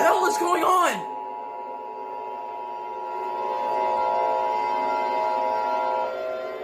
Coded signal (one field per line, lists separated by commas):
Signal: Emergency Alert System (SAME) tones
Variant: 853 and 960 Hz attention tone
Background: speech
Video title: EAS Scenario: The Pumpkin Patch Plague